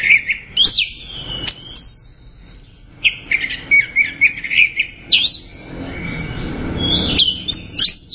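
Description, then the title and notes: Bird song of rapid chirps and warbled notes in several bursts, with quieter hissing gaps between them. "Bird Sound. Kicau Burung Lengkap"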